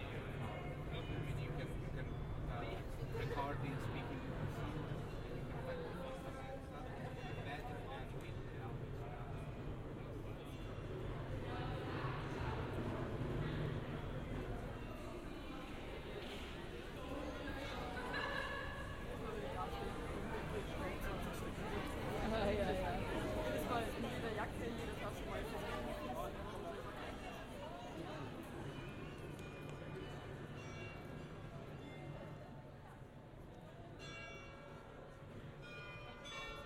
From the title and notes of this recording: Generative soundscape based on a two-dimensional random walk between four binaural soundscapes recorded in Graz, Austria. During the Steirischer Herbst festival. Visitors of the Landhaus.